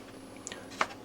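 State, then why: Seated. A crimped metal pin terminal is pushed into a plastic Molex connector housing, and short, sharp clicks sound at 0.5 and 0.8 seconds, the second one loudest. The terminal clicks into the housing and is seated.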